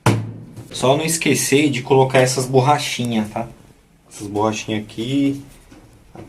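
After its screws are tightened, a plastic finishing cover on a Brastemp BWL11A washing machine, which is being repaired for noise during the spin cycle, is lined up so its square locating feature matches and is given a small tap. A sharp knock at 0.1 s marks the cover seating in place, and then someone talks.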